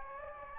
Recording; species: mosquito wingbeat signal from an infrared sensor; Anopheles gambiae